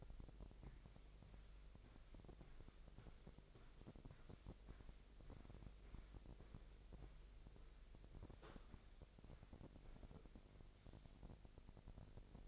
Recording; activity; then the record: daily activity, microphone in the room; walk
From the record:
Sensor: 5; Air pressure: 1001.8 hPa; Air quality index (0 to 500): 182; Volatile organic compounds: 12 ppm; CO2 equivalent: 2344 ppm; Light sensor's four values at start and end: 31/103/39/41 and 31/103/39/41